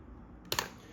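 On a Swiffer Power Mop (Wood), the release button is pressed and the plastic solution bottle pops up out of its holder on the mop. A sharp click at 0.5 s is followed by a second quick tap at 0.6 s against a quiet background. The bottle is released.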